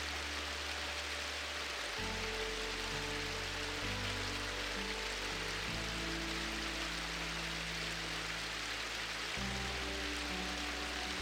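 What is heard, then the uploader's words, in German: Flowing water hisses steadily and densely across the whole clip, bright. Beneath it, a soft low melody moves in slow held tones, changing chords around two, four, six and nine seconds, with faint higher notes drifting above. Tauchen Sie ein in den beruhigenden Klang des fließenden Wassers, gemischt mit einer sanften Melodie, um eine entspannende Atmosphäre zu schaffen.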